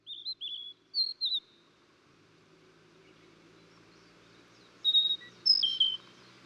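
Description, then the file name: Blue-and-white flycatcher singing short whistled, wavering phrases, then after a pause a phrase of high sliding notes. Recorded 14 June 2009. "20090614 ooruri"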